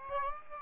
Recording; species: mosquito wingbeat signal from an infrared sensor; Aedes aegypti